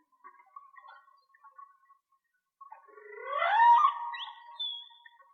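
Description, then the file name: Whale song: a faint steady tonal hum, then a louder twisting, rising moan that ends in a high thin whistle. "Whale Song-colin"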